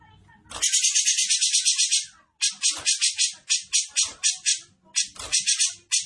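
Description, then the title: Grey-cheeked Bulbul giving harsh, buzzy rattling chatters in rapid pulsed bursts separated by short pauses. Besetan song style; bird singing actively (gacor) with a clear voice. "Cucak Jenggot Besetan Gacor. Cucak Jenggot Besetan Terbaik Dengan Suara Jernih"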